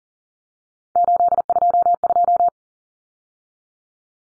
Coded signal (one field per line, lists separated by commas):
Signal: Morse code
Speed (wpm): 40 wpm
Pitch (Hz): 700 Hz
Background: none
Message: 822